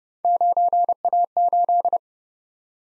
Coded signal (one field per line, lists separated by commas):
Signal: Morse code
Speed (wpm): 28 wpm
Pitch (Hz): 700 Hz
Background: none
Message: 9A8